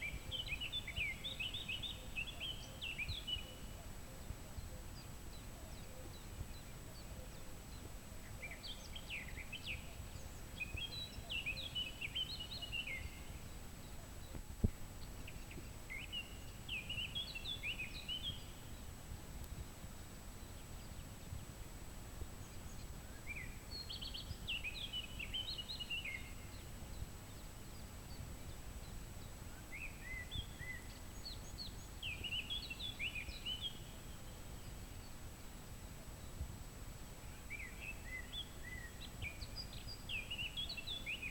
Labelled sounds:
Eurasian Blackcap song

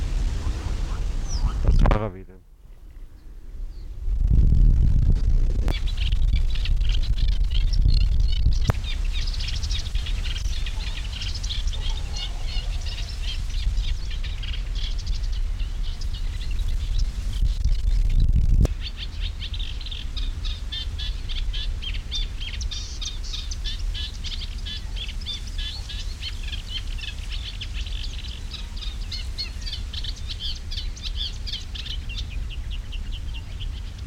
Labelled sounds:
Eurasian Reed Warbler

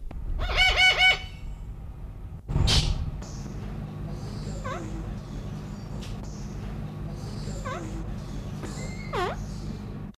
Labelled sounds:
Eclectus Parrot call

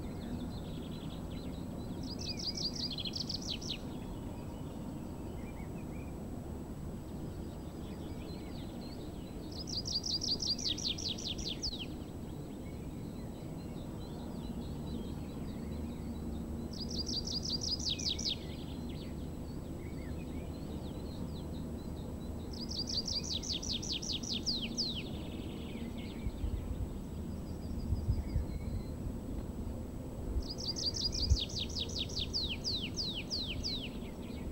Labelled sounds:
Tree Pipit

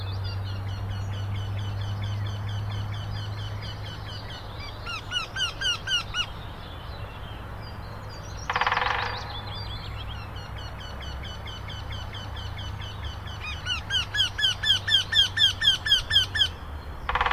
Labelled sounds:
Eurasian Wryneck

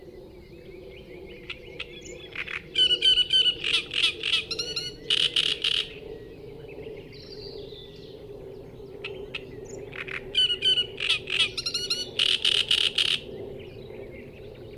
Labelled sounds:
Great Reed Warbler song

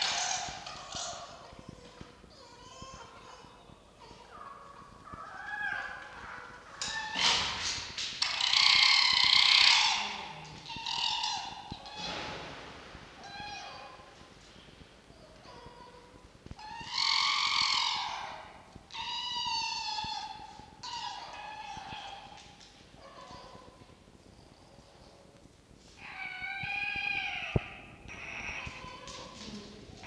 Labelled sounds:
Red Fox

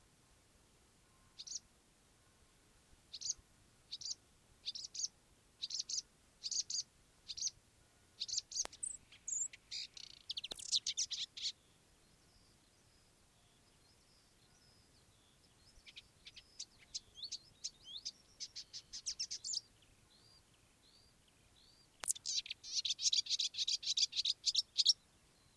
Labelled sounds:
Marsh Warbler

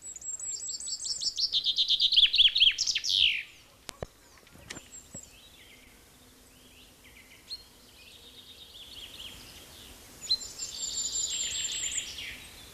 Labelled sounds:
Common Chaffinch song

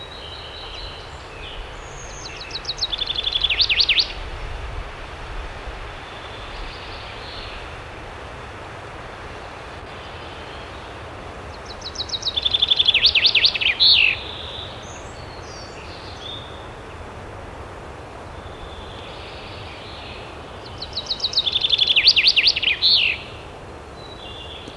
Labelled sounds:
Common Chaffinch song

